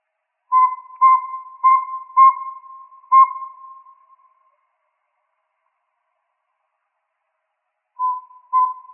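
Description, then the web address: Northern saw-whet owl giving several clear, evenly pitched whistled toots, then a pause before the toots resume. Recorded in Arizona. "Owls NSWO. deviche"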